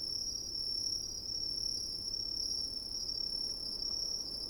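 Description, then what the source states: Cricket: unbroken high-pitched trill with a faint higher band, over a soft, low wind hiss. Crickets in coniferous forest at night, with soft wind.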